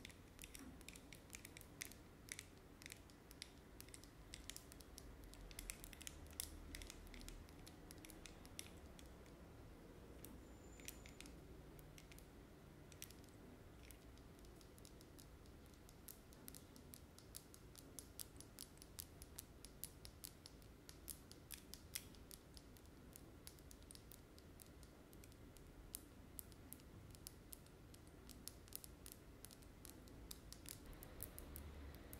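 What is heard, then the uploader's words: Long nails tap and scratch on hard objects in a quick, busy stream of sharp, bright clicks that barely pause for the full half minute. The taps come crisp, with a faint low rumble and soft rubbing noises underneath. ASMR Tapping and Scratching Sounds with Long Nails (Various Objects).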